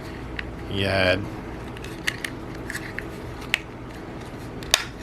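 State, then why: Seated. A soft, rubbery, pleather-look cushion is pressed into the front of a plastic seat shell for a die-cast Eaglemoss Eleanor model car, where two posts meet up. Someone talks briefly over small ticks and taps. Sharp snaps at 3.5 s and 4.7 s mark the cushion seating into the shell.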